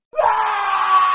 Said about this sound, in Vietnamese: một tiếng kêu khủng khiếp vọng đến từ phía hành lang.